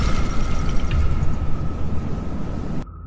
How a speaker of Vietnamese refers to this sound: Nó cứ đứng nhìn cho tới khi chiếc xe nổ tung.